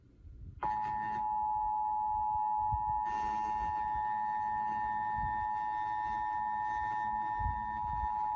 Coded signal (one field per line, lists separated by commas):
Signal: Emergency Alert System (SAME) tones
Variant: 853 and 960 Hz attention tone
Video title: EAS #400 Indiana Required Monthly Test on WYIN-TV